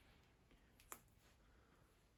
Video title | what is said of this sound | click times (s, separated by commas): Antique Cased Set of Travel Cutlery | You can see the fork has got two little lugs there, and the knife has got two apertures which are pear-shaped so that you can slide the lugs up and they will lock into place. | 0.8 s, 0.9 s